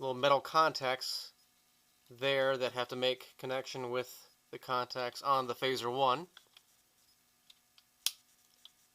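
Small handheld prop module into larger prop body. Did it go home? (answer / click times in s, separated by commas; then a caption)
yes / 8.1 s. Someone talks while a small Star Trek phaser replica module is fitted front end first into the larger phaser body so their little metal contacts meet. After a few faint taps, the module is pressed down and locks with a sharp, loud click at 8.1 s, seated in the housing.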